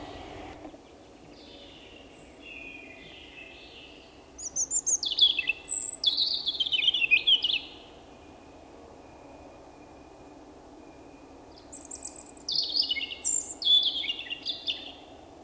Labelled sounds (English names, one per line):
European Robin song